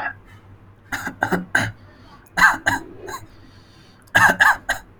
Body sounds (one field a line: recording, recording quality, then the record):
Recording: shallow voluntary cough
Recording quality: moderate, slight background noise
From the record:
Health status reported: healthy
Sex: male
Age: 19 years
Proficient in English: yes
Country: India